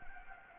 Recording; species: mosquito wingbeat signal from an infrared sensor; Anopheles gambiae